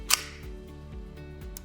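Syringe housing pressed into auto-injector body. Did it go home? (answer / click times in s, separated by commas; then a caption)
yes / 0.1 s. A syringe housing with the needle gauge inserted is pressed all the way into a plastic auto-injector body until the spring mechanism cocks. A loud, sharp click lands at 0.1 s, followed by a fainter short tick near 1.6 s over a steady tonal background. The injector is cocked and ready for use.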